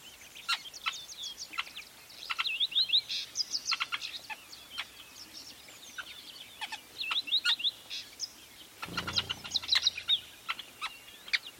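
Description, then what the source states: Weaver chatter, high clicking chirps and quick trills in scattered bursts, with a brief low flutter near the end. Recorded at a large weaver nest in Etosha National Park, Namibia.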